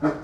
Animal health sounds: pig call; growing-finishing pig (85 days or more)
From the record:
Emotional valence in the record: positive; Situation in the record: run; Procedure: transit

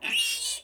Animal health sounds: pig call; piglet (1 to 25 days)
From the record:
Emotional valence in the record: negative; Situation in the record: castration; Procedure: castration, fixation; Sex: male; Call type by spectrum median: high-frequency call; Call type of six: mixed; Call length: 0.64 s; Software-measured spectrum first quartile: 2831 Hz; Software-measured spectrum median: 4020 Hz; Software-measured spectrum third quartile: 7344 Hz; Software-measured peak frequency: 2841 Hz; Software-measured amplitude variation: 122 dB a second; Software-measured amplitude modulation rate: 16.4 a second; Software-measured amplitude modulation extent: 7.4 dB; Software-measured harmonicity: 4.2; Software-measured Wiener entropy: -2.66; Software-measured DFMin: 812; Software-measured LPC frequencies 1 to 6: 857, 2758, 4486, 5556, 6363, 7614 Hz

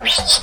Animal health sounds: pig call; piglet (1 to 25 days)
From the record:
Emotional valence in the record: negative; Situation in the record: crushing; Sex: female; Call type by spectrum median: high-frequency call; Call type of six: high-frequency stable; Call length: 0.42 s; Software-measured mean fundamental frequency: 184 Hz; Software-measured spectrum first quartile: 2924 Hz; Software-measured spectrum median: 4300 Hz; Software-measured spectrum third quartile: 5683 Hz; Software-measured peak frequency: 3671 Hz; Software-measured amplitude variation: 177 dB a second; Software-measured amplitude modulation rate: 10.6 a second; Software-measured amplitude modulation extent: 16.6 dB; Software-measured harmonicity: 3.4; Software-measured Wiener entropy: -1.94

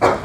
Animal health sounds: pig call; growing-finishing pig (85 days or more)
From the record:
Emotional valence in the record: positive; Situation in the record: run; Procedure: transit

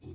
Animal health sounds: pig call; weaner (32 to 43 days)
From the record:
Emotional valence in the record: positive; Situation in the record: positive conditioning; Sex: female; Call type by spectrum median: low-frequency call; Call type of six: low-frequency stable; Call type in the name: low-frequency stable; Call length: 0.15 s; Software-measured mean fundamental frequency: 38 Hz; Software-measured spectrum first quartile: 104 Hz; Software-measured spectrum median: 209 Hz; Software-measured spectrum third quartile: 383 Hz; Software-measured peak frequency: 102 Hz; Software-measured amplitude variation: 130 dB a second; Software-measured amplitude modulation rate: 16.7 a second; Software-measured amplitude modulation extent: 7.8 dB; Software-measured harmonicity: -4.2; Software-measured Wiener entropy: 0.56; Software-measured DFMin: 907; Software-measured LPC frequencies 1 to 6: 322, 2545, 3471, 4150, 4784, 5504 Hz

